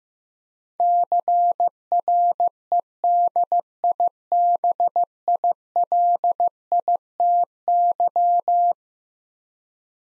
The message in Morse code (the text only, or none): CREDIBILITY